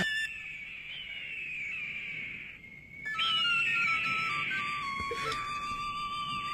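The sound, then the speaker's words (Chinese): A high, reedy eagle flute, played by a grandfather, plays a cheerful, lilting tune of long held notes that slide between pitches, pausing briefly midway and then resuming a little louder, with no voices. “别怕，爷爷吹的是欢乐的曲子，山鹰在和我们玩呢。”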